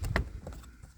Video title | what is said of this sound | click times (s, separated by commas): 2013 Toyota Venza Sunvisor Replacement | slides your cover clay back on there attach it it snaps back in place | 0.2 s